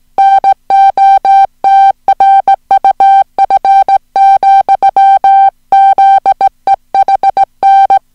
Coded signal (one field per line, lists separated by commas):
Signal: Morse code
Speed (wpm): 17 wpm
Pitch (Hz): 780 Hz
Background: music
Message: NOTRUF, ZEHN